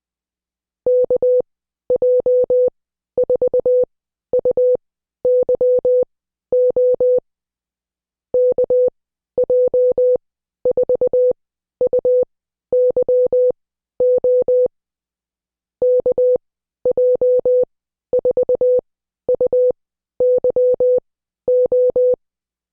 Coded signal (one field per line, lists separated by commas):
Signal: Morse code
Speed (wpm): 20 wpm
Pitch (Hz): 500 Hz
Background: none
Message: KJ4UYO KJ4UYO KJ4UYO